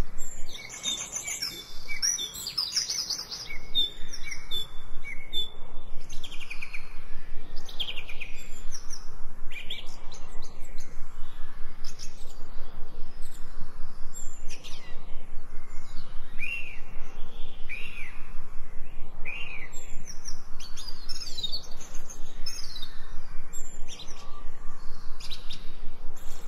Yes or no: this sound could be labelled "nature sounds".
yes